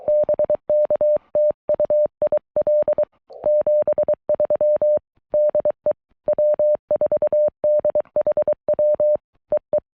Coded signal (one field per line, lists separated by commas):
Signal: Morse code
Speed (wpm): 23 wpm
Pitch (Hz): 590 Hz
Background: none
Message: BK TU IL 73 DE W4DHW EE